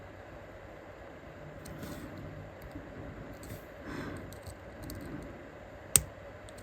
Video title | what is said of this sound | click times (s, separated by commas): Bargain Bead Box Destash Triple Strand Bracelet For 2025 | Alright, sometimes you'll hear it click. | 6.0 s